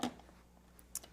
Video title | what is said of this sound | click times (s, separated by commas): Ninja Pulse: Frozen Cocktail Recipe | And turn to snap into place. | 0.9 s